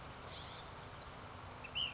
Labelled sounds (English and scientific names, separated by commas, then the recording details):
Ash-throated Flycatcher (Myiarchus cinerascens)
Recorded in Sonoma County, California